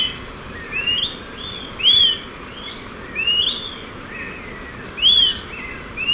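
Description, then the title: Smoke-colored pewee calls: clear, arched whistled notes given singly, a few louder than others, over steady rushing background noise. Subspecies ardosiacus. "LuckyPassaro Completos2Sama. Smoke-colored Pewee (Contopus fumigatus ardosiacus)"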